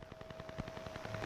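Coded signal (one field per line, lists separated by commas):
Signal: radar signal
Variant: Russian Woodpecker (Duga)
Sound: rapid tapping pulses, about ten per second, over hiss with a faint steady tone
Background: radio static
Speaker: the sound you are about to hear is Radio interference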